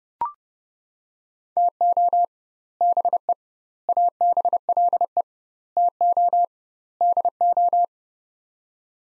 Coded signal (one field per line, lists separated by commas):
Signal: Morse code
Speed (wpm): 30 wpm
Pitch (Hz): 700 Hz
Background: none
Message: TO BE ABLE TO DO